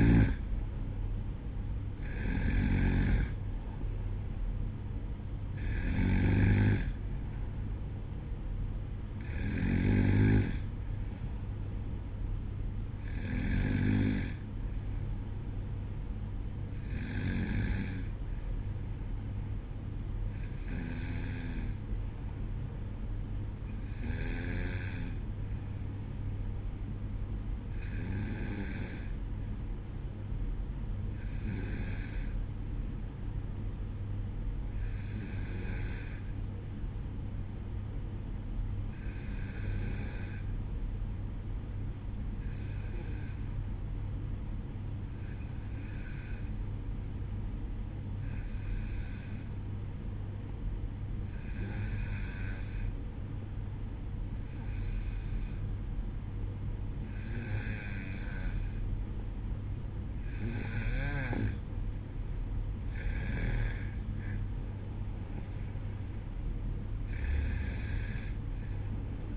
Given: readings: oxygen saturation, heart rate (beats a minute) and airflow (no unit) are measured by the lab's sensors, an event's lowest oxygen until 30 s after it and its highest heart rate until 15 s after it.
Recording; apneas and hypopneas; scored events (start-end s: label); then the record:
breathing in sleep by a smartphone at the bedside; 1
30.00-60.30 s: hypopnea (N2, oxygen 95% highest, then 92% lowest, heart rate 61 at the start, 67 highest)
From the record:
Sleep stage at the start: N2 (light sleep); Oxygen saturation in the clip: 91 to 95%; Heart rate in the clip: 59 to 67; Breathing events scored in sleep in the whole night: 305 in 9.6 hours asleep